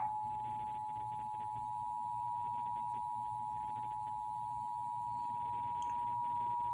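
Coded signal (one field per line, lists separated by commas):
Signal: Emergency Alert System (SAME) tones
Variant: 853 and 960 Hz attention tone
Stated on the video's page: EAS Required Monthly Test received via cable provider.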